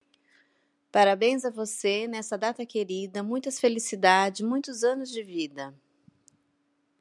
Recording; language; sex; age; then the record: short text; Brazilian Portuguese; female; 50 to 59 years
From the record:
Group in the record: control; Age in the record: 50 years